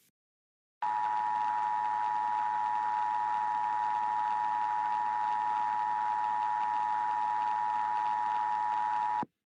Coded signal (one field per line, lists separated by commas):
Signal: Emergency Alert System (SAME) tones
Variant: 853 and 960 Hz attention tone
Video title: EAS Scenario - Foxes of the Underworld